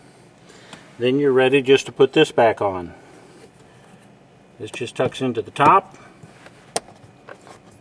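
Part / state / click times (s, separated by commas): cabin air filter cover into the glove box housing / seated / 6.8 s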